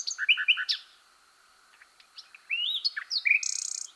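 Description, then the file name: Common nightingale song: short rich chirps and a sweeping note, a pause, then varied phrases ending in a fast buzzy trill. "Luscinia megarhynchos"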